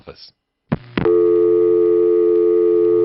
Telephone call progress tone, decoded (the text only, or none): dial tone